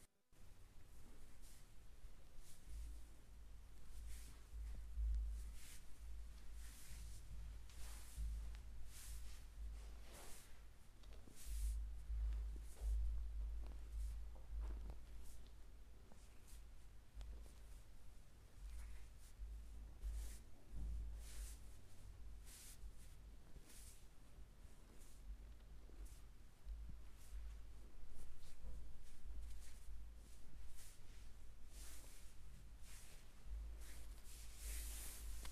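A massage chair runs with a deep, steady motor hum that swells and eases in low pulses throughout. Over it come frequent bright ticks, rubs and rustles, scattered irregularly from start to finish, with the rumble growing heavier near the end.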